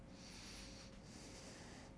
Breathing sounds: one breath in and out by a microphone near the nose and mouth; deep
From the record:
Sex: male

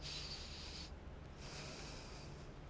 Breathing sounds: one breath in and out by a microphone near the nose and mouth; deep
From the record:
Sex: male

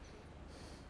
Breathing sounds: one breath in and out by a microphone near the nose and mouth; strong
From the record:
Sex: male

